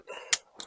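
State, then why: Seated. A plastic locking wedge is pressed into a sealed Deutsch-type connector housing to lock the pins in place, and it snaps home with a sharp, bright click at 0.3 s. A softer tick follows at 0.6 s over low handling noise. The wedge is seated and the pins are locked in.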